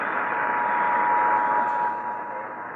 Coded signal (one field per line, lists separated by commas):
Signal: Emergency Alert System (SAME) tones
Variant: 853 and 960 Hz attention tone